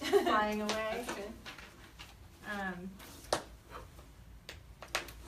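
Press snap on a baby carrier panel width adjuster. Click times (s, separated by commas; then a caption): 3.3 s, 4.5 s, 4.8 s, 4.9 s. A woman talks while the fabric panel of a baby carrier is moved to the innermost metal snap on each side to narrow it to the infant position. The press snaps are pressed shut with sharp clicks at 3.3, 4.5, 4.8 and 5.0 seconds, and the snaps seat closed.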